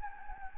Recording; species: mosquito wingbeat signal from an infrared sensor; Anopheles gambiae